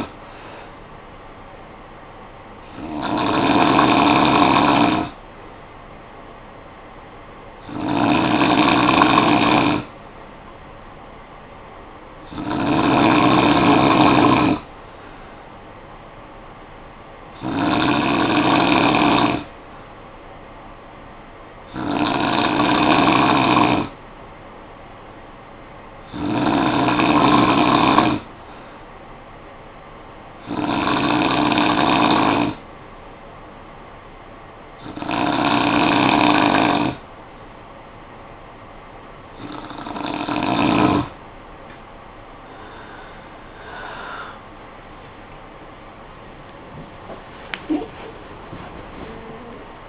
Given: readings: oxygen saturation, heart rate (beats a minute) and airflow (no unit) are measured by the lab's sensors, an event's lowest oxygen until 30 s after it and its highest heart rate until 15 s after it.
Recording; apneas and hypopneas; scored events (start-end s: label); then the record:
breathing in sleep by a voice recorder at the bedside; none
38.00-49.89 s: new sleep stage, N1 (lightest sleep)
From the record:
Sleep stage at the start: N2 (light sleep); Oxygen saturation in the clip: 92 to 95%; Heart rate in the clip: 52 to 83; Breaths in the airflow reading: 10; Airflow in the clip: -9.9 to 12.9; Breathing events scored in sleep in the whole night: 445 in 7.6 hours asleep